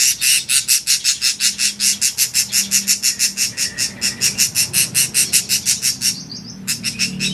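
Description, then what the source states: Oriental magpie-robin song: a fast run of sharp, harsh high notes, with a brief pause near the end before resuming. Champion-grade bird in full, lively song.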